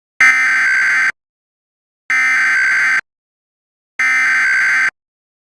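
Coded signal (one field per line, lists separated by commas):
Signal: Emergency Alert System (SAME) tones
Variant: header bursts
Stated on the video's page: Fictional EAS scenario made with CapCut and Canva.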